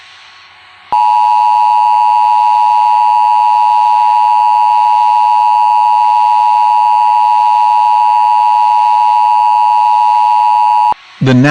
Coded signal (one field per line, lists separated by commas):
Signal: Emergency Alert System (SAME) tones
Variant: 853 and 960 Hz attention tone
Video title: Mini EAS Scenario: Knoxville Tornado (2 of them intrupted Me and Dark Melon)